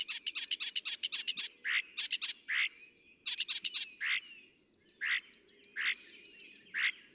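Northern mockingbird song of varied high phrases, each note repeated several times in quick runs, including a buzzy zigzag trill, with a low steady hum behind.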